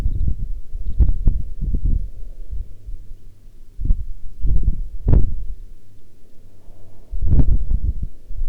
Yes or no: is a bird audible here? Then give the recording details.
yes. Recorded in the Arctic National Wildlife Refuge, Alaska, on 9 August 2019 at 11:03. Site 40